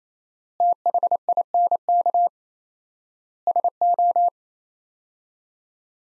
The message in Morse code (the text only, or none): THINK SO